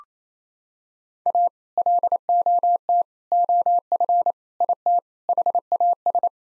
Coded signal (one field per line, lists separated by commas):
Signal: Morse code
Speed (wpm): 28 wpm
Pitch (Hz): 700 Hz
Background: none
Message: A LOT OF IT HAS